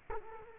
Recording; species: mosquito wingbeat signal from an infrared sensor; Culex quinquefasciatus